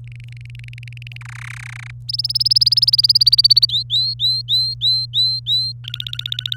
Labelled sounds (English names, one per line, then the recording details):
Domestic Canary song
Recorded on 27 April 2018 at 08:33
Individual llb3